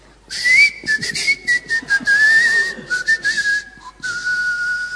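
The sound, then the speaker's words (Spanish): Breathy, hissy whistling through the teeth by a man carrying a bag of potatoes on his shoulder, slightly bent over; a thin wavering tune that drifts slowly lower in pitch, broken into short puffs of air over about five seconds, with no talking. “Y me la llevo al hombro, un poco inclinado así, chiflando, entre dientes.”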